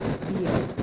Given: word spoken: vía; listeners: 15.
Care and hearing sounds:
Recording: one Spanish word in noise, from a listening test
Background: noise modulated by three-talker babble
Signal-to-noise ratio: -5.0 dB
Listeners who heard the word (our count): 0 of 15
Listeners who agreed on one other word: 6 of 15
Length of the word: 0.43 s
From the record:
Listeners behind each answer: 6, 2, 1, 1, 1, 1, 1, 1, 1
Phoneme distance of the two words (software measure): 10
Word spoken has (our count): 2 syllables, 3 phonemes, stress on syllable 1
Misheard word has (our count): 2 syllables, 3 phonemes, stress on syllable 1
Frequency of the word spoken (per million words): 108.20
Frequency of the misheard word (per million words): 727.07

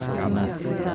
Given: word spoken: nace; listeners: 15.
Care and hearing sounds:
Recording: one Spanish word in noise, from a listening test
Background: eight-talker babble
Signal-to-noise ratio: -2.7 dB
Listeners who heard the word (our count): 0 of 15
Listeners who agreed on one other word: 9 of 15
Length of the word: 0.55 s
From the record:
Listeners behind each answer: 9, 1, 1, 1, 1, 1, 1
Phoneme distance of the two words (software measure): 30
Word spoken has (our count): 2 syllables, 4 phonemes, stress on syllable 1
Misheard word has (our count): 2 syllables, 4 phonemes, stress on syllable 1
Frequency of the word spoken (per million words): 23.41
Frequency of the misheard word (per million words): 100.47

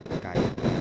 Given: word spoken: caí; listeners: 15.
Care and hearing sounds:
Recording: one Spanish word in noise, from a listening test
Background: noise modulated by one talker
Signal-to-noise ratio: -10.1 dB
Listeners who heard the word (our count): 0 of 15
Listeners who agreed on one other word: 7 of 15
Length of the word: 0.41 s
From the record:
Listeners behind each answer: 7, 2, 2, 1, 1, 1, 1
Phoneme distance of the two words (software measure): 17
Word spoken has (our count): 2 syllables, 3 phonemes, stress on syllable 2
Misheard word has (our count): 2 syllables, 4 phonemes, stress on syllable 2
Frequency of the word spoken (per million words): 3.69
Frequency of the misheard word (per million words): 65.01

